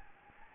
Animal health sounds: mosquito wingbeat signal from an infrared sensor; Anopheles gambiae

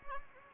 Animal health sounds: mosquito wingbeat signal from an infrared sensor; Anopheles gambiae

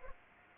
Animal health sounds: mosquito wingbeat signal from an infrared sensor; Anopheles arabiensis

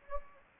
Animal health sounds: mosquito wingbeat signal from an infrared sensor; Anopheles gambiae

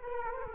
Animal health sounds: mosquito wingbeat signal from an infrared sensor; Culex quinquefasciatus

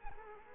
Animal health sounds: mosquito wingbeat signal from an infrared sensor; Culex quinquefasciatus

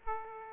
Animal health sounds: mosquito wingbeat signal from an infrared sensor; Aedes aegypti

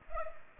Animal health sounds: mosquito wingbeat signal from an infrared sensor; Culex pipiens

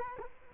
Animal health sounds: mosquito wingbeat signal from an infrared sensor; Culex quinquefasciatus

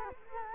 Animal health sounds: mosquito wingbeat signal from an infrared sensor; Culex quinquefasciatus

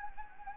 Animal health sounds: mosquito wingbeat signal from an infrared sensor; Anopheles gambiae

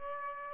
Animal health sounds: mosquito wingbeat signal from an infrared sensor; Aedes aegypti

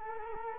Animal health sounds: mosquito wingbeat signal from an infrared sensor; Culex quinquefasciatus

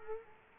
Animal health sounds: mosquito wingbeat signal from an infrared sensor; Culex quinquefasciatus

